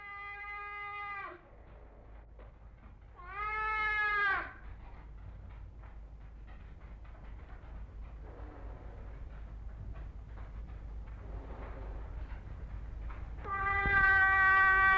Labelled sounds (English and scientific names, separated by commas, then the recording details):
Clouded Leopard (Neofelis nebulosa)
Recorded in captivity
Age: adult
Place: Tierpark Berlin, Berlin, DE
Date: 1961-01-11 14:00
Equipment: Minifon, Kopie Smaragd
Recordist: Tembrock, Günter